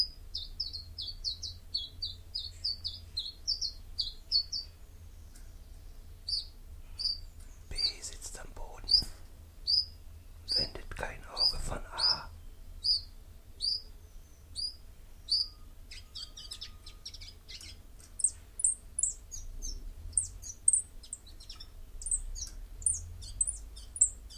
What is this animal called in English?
Common Chiffchaff